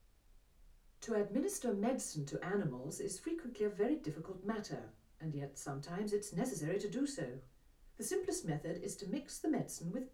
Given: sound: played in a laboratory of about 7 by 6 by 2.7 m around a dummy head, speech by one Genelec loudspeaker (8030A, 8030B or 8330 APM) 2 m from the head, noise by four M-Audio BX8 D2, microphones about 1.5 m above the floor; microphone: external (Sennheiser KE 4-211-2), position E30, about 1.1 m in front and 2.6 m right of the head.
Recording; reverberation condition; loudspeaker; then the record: female speech in English; low; 150 degrees to the left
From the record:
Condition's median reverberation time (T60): about 310 ms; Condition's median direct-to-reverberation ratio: about 3.5 dB